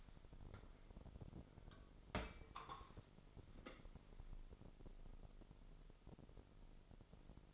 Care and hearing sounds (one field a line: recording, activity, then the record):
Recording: daily activity, microphone in the room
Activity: place on stove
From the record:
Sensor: 5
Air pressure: 995.6 hPa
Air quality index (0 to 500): 100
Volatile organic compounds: 6 ppm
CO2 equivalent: 1904 ppm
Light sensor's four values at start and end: 34/76/33/36 and 33/75/33/35